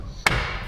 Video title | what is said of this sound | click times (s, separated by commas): Met Pa naar Duitsland inkoop VW UP & E-UP - Emiel's werkvlog | down. Click. | 0.3 s